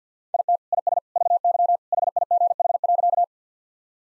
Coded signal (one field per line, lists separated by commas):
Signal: Morse code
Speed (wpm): 49 wpm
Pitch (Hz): 700 Hz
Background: none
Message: IT IS VY HIGH.